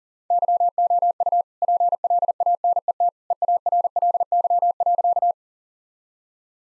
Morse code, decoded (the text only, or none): YOU PLANET EARLY.